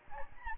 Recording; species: mosquito wingbeat signal from an infrared sensor; Aedes albopictus